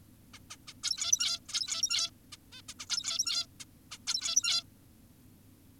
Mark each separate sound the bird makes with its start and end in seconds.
0.34-0.39, 0.50-0.56, 0.68-0.74, 0.84-1.40, 1.49-2.11, 2.32-2.37, 2.52-2.62, 2.69-2.74, 2.80-2.86, 2.90-3.46, 3.60-3.65, 3.92-3.98, 4.07-4.64